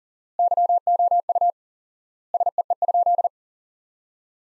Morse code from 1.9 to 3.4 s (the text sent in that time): SEE?